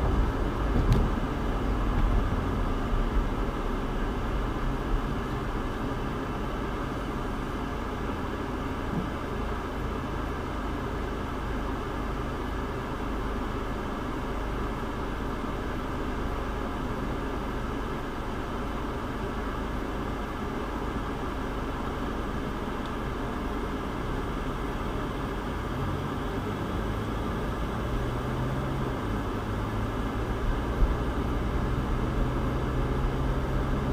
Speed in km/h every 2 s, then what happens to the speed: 61, 37, 26, 5, 0, 0, 0, 0, 0, 3, 3, 3, 10, 16, 21, 27, 32.
0-8 brakes to 0. 8-17 standing. 17-34 pulls away to 32.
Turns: none.